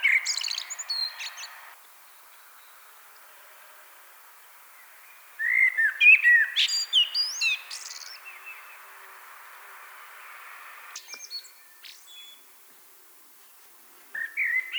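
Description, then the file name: Common blackbird song: mellow fluted phrases with thin high twittering ends, repeated after pauses of several seconds. "Turdus merula"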